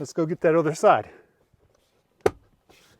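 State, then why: Seated. Someone talks, then on the other side a rubber floor liner is pressed down onto the vehicle's floor retention peg. A single sharp click at 2.3 s shows it seated firmly.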